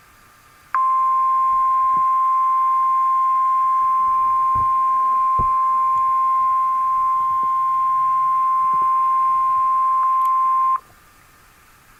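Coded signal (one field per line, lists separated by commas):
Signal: Emergency Alert System (SAME) tones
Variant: 1050 Hz attention tone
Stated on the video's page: Alert received from a NOAA Weather Radio station.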